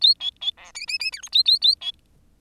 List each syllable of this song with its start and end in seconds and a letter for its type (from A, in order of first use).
0.01-0.14 A, 0.20-0.31 B, 0.41-0.51 B, 0.57-0.72 C, 0.74-0.86 D, 0.87-0.98 D, 0.99-1.11 D, 1.12-1.22 E, 1.22-1.29 F, 1.32-1.43 A, 1.45-1.59 A, 1.61-1.75 A, 1.81-1.92 B